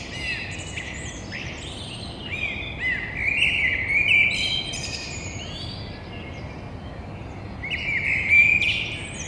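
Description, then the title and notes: Eurasian blackbird singing warbled, fluting phrases with high thin twitters, one long phrase early and another near the end, over steady low background hum. Courtyard in Toulouse, Grand Rond, France, between two windows, early morning at 6:30 on Thursday 9 April. "Merle noir côté cour. Stéphane Marin"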